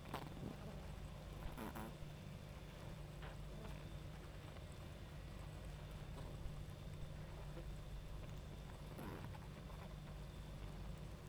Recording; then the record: honeybee colony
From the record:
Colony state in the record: active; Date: 28 July 2017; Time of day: 22:41